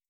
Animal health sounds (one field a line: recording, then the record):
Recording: hydrophone in a shrimp aquaculture tank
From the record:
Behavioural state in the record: starved